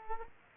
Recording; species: mosquito wingbeat signal from an infrared sensor; Culex quinquefasciatus